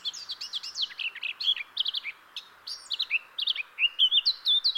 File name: Sylvia atricapilla